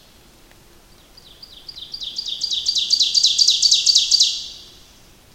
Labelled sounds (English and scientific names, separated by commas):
Ovenbird (Seiurus aurocapilla) song